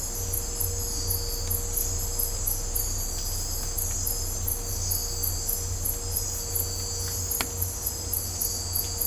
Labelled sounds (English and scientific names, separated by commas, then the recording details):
none
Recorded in dense forest near Puerto Asís, Putumayo, Colombia, on 20 December 2024 at 01:30
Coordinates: 0.503, -76.323
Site G043